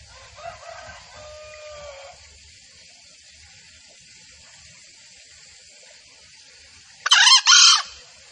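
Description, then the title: Junglefowl: faint, drawn-out calls at first, a long quiet gap, then one loud, harsh two-part crow near the end. Junglefowl calls used as a lure recording for trapping in the forest; title names female and male junglefowl calls. "Pancingan Suara Ayam Hutan Betina. Suara ayam hutan jantan buat masteran pikat di hutan"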